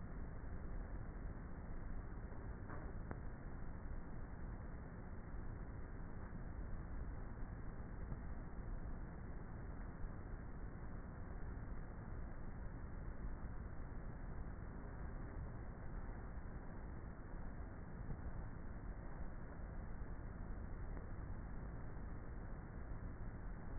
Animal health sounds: honeybee colony, microphone inside the hive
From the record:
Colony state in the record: queenless with a low population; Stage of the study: before two queens were removed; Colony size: about 30,000 bees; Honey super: no

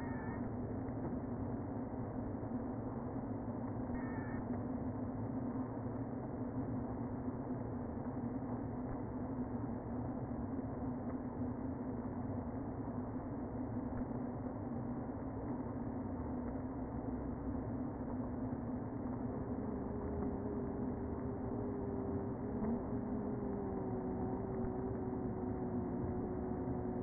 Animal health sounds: honeybee colony, microphone inside the hive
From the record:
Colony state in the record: queen present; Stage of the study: before two queens were removed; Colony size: about 60,000 bees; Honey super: yes

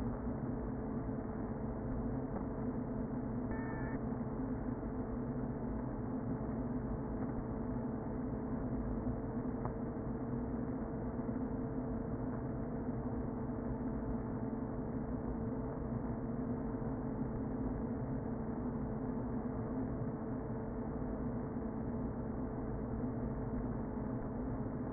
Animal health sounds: honeybee colony, microphone inside the hive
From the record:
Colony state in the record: queen present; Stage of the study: before two queens were removed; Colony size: about 60,000 bees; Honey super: yes

